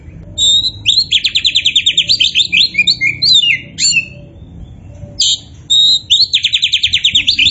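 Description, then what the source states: Oriental magpie-robin song of high rapid trills mixed with sharp whistles, delivered in two bursts with a short gap. Kacer poci type of Oriental magpie-robin, singing in gacor style (vigorous, continuous song).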